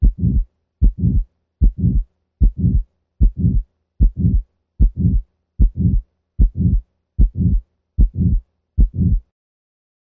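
Regular heartbeat at about 75 beats a minute in a female Shetland Sheepdog, heard over the pulmonic area. Each beat carries a drawn-out, rumbling component beyond the crisp heart sounds: a heart murmur. A brief rustle of handling noise ends it.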